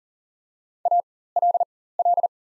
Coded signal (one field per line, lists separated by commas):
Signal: Morse code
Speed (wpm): 40 wpm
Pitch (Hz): 700 Hz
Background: none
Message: ALL